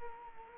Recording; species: mosquito wingbeat signal from an infrared sensor; Culex quinquefasciatus